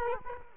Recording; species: mosquito wingbeat signal from an infrared sensor; Culex quinquefasciatus